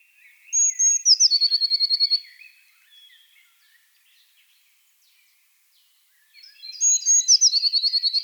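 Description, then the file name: Eurasian blue tit song: a couple of very high, thin notes running into a rapid trill. A second phrase comes after a pause of roughly four seconds. "blaumeise"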